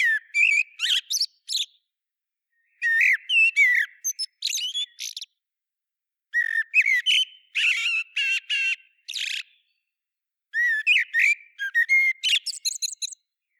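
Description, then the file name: Common blackbird singing four warbled phrases separated by short pauses, mixing fluty notes with thin, high twittering. "Turdus merula"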